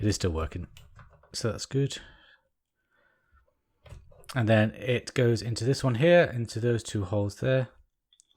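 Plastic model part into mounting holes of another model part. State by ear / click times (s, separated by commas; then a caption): not seated / none. A small plastic model-kit part is handled over the two locating holes of the next model part it will go into, with faint clicks near the end. Someone talks throughout. Nothing has seated or clicked into place yet.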